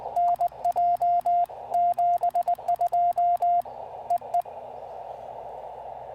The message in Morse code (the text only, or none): NJ 72 EE